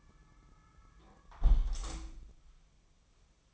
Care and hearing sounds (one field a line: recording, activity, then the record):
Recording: daily activity, microphone in the room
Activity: close window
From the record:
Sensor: 1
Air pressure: 1004.7 hPa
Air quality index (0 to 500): 111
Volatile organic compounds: 4 ppm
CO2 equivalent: 1538 ppm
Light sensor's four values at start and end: 8/21/8/9 and 8/20/8/9